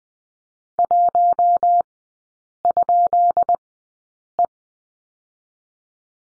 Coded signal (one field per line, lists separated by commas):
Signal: Morse code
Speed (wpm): 20 wpm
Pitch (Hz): 700 Hz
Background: none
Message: 1?E